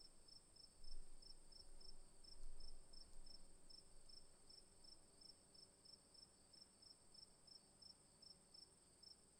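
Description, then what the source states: Crickets chirping, a steady series of high pulses over a continuous shrill tone, with faint low background rumble. Crickets recorded in the afternoon.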